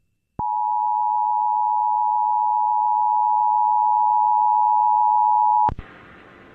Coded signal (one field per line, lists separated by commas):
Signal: Emergency Alert System (SAME) tones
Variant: 853 and 960 Hz attention tone